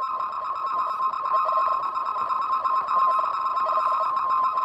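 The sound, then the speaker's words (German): A slowed-down, digitized brainwave (encephalogram) recording gives a steady, mid-pitched electronic tone with layered overtones, wavering and pulsing faintly like a Morse signal, with no voices. “Wenn wir diese Aufnahme nun verlangsamen, erinnert uns das, was wir nun hören, fast an ein Morse-Signal.”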